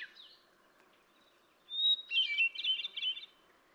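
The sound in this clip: Hermit thrush song, one phrase starting with a pure sustained whistle that breaks into a fluting, wavering cascade, over a faint low background hiss and softer earlier notes.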